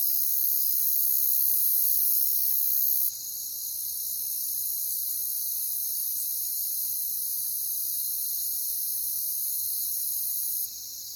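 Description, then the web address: Crickets shrilling in a continuous high chorus, with the loudness dropping sharply twice during the recording. "Natures Songs Sleep Sounds of Nature CRICKETS Crickets"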